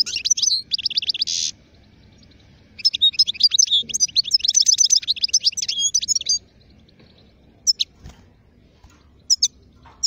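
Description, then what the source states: European goldfinch song, a rapid run of repeated chirps and a buzzy note, then a long tumbling twittering phrase, followed by a few scattered high calls. Wild goldfinch; the Arabic title calls its song among the most beautiful.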